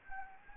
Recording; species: mosquito wingbeat signal from an infrared sensor; Anopheles gambiae